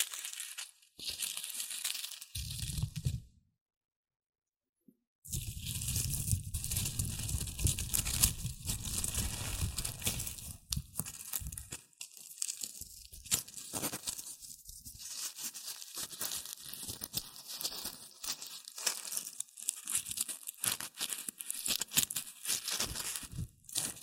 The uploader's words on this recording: ASMR Rustling and Crinkle Sounds.